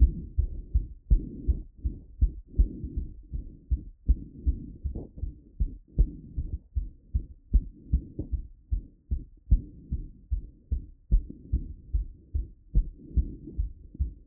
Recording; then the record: heart sounds by stethoscope after running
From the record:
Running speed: 8 mph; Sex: male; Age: 20 to 29 years